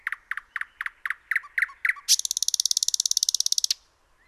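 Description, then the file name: Common nightingale song: about eight evenly spaced, loud notes, followed by a very rapid, harsh, buzzy rattle. "Luscinia megarhynchos"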